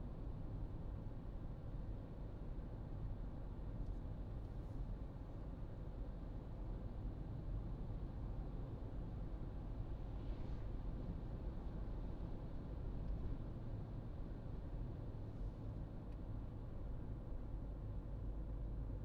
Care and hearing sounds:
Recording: everyday scene through a hearing-aid microphone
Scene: in a vehicle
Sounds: engine, highway driving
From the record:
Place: Berlingo II, diesel engine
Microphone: in the ear canal, right

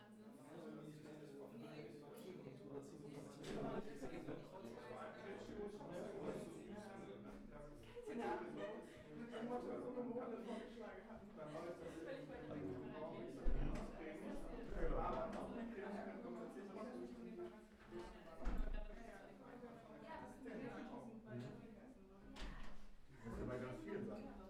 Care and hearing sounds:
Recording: everyday scene through a hearing-aid microphone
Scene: many people talking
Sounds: many voices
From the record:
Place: bistro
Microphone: behind the ear, right, rear

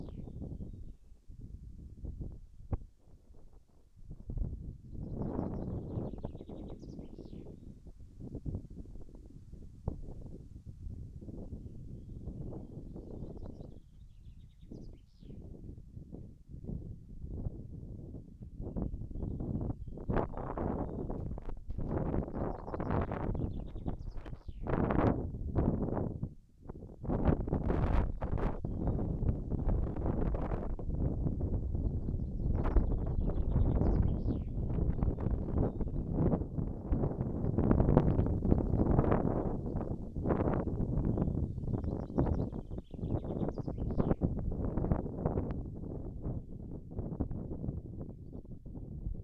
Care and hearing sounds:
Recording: everyday scene through a hearing-aid microphone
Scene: wind on the microphone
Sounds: wind, birds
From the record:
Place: in front of a rural house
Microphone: behind the ear, right, front

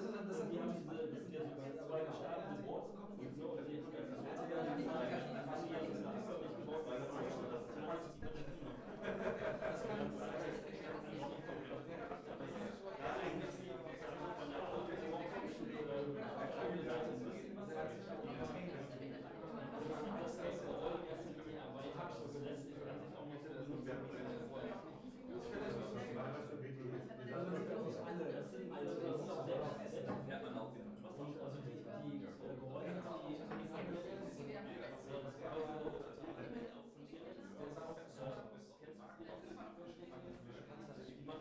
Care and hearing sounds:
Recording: everyday scene through a hearing-aid microphone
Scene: many people talking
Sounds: many voices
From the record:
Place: bistro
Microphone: behind the ear, right, rear

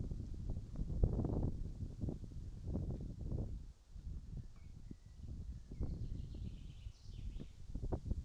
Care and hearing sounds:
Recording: everyday scene through a hearing-aid microphone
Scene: wind on the microphone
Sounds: wind, birds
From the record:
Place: in front of a rural house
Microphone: in the ear canal, right

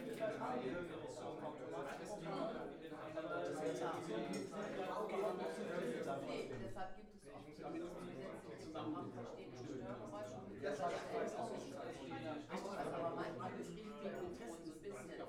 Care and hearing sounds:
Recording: everyday scene through a hearing-aid microphone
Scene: many people talking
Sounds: many voices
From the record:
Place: bistro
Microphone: behind the ear, left, front

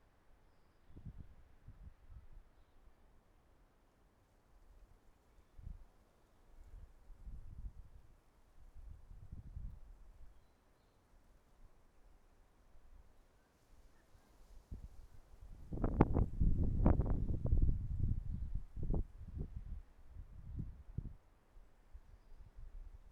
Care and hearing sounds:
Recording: everyday scene through a hearing-aid microphone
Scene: wind on the microphone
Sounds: wind, traffic, birds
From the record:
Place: suburban garden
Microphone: behind the ear, right, front

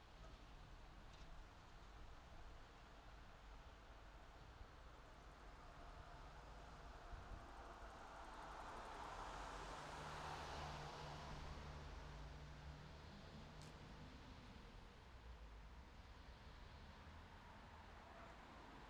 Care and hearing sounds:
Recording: everyday scene through a hearing-aid microphone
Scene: in traffic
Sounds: traffic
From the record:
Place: city secondary road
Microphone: in the ear canal, left

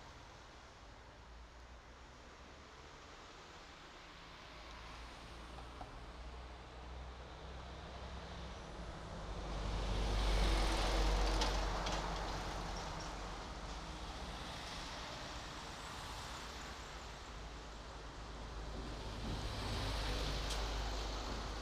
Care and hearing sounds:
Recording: everyday scene through a hearing-aid microphone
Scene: in traffic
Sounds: traffic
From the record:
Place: main road on the outskirts, rush hour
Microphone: in the ear canal, right

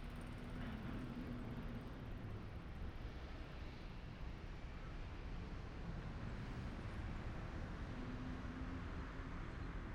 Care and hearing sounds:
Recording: everyday scene through a hearing-aid microphone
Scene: in traffic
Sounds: traffic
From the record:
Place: main city hub, rush hour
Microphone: behind the ear, right, front

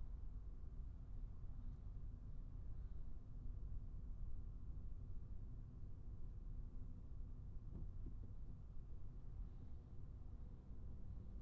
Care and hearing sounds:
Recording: everyday scene through a hearing-aid microphone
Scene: in a vehicle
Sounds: engine, traffic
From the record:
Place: Skoda Fabia, gasoline engine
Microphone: behind the ear, right, front

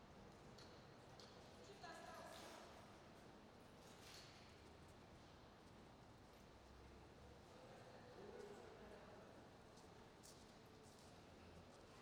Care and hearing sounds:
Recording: everyday scene through a hearing-aid microphone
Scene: reverberant space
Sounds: background noise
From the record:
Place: railway station hall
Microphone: in the ear canal, right

